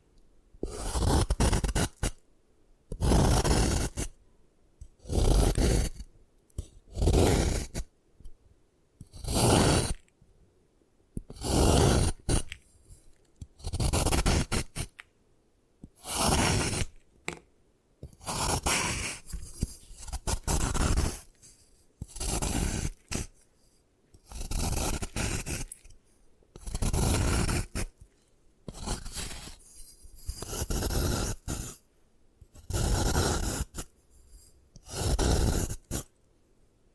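Gym chalk being crushed and ground down in a long series of rough, gritty scraping strokes. Each burst lasts about a second, full and crackly, followed by a brief silence, repeating at a steady pace roughly every two seconds throughout.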